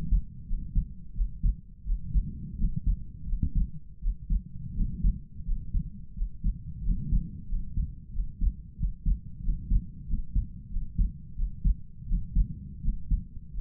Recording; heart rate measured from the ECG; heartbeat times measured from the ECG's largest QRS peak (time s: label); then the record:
heart sounds by stethoscope; 87 bpm
0.45 s: heartbeat
1.13 s: heartbeat
1.83 s: heartbeat
2.56 s: heartbeat
3.25 s: heartbeat
3.99 s: heartbeat
4.73 s: heartbeat
5.44 s: heartbeat
6.13 s: heartbeat
6.81 s: heartbeat
7.47 s: heartbeat
8.11 s: heartbeat
8.75 s: heartbeat
9.41 s: heartbeat
10.05 s: heartbeat
10.68 s: heartbeat
11.34 s: heartbeat
12.05 s: heartbeat
12.80 s: heartbeat
13.52 s: heartbeat
From the record:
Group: healthy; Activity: rest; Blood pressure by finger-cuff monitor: 101/69 mmHg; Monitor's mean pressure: 77 mmHg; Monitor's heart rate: 88 bpm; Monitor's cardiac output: 5.5 L/min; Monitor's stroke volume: 63 mL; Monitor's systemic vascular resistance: 990 dyn s/cm5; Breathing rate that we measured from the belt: 24 breaths a minute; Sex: male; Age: 22 years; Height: 181 cm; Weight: 60 kg